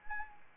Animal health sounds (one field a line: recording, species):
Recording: mosquito wingbeat signal from an infrared sensor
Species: Anopheles arabiensis